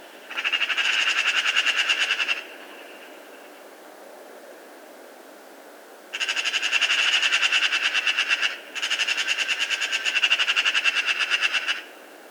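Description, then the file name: Eurasian magpie chattering in harsh, rapid rattles, one burst of about two seconds then two longer bursts back to back after a pause. "Pica pica"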